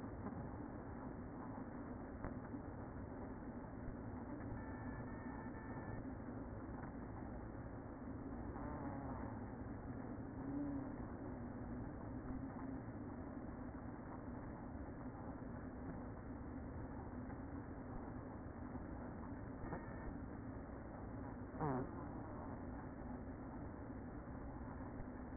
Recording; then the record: honeybee colony, microphone inside the hive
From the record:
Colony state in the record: queen present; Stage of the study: after two queens were removed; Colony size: about 60,000 bees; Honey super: yes